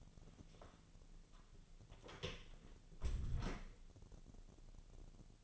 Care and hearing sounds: daily activity, microphone in the room; close door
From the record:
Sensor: 4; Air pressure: 1001.3 hPa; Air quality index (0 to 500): 184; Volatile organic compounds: 2 ppm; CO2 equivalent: 1311 ppm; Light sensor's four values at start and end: 14/33/13/14 and 16/38/15/16

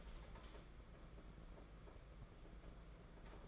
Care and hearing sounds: daily activity, microphone in the room; light off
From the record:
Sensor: 5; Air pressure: 992.1 hPa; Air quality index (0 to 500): 206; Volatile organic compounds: 1000 ppm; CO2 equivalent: 5953 ppm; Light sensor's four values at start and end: 8/20/8/8 and 8/19/7/8

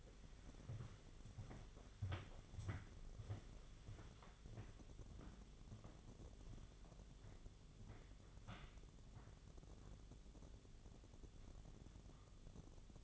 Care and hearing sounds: daily activity, microphone in the room; walk to room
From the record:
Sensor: 4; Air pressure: 1000.8 hPa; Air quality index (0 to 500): 116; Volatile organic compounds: 1 ppm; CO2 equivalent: 877 ppm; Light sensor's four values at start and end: 84/208/89/95 and 86/212/91/97

